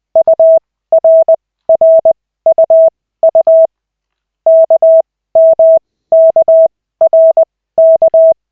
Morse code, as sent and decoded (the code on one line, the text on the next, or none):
..- .-. .-. ..- ..- / -.- -- -.- .-. -.-
URRUU KMKRK